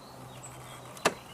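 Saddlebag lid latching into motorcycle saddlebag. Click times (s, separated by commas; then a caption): 1.0 s, 1.1 s. A plastic saddlebag lid on a 2018 Honda Gold Wing GL1800 motorcycle is closed gently by hand rather than slammed, pushed until the latch clicks. A faint click is heard at 1.0 s, then a sharp, louder latch click at 1.1 s over a quiet background. The lid latches shut and seats, which closes the saddlebag and turns off the dash light.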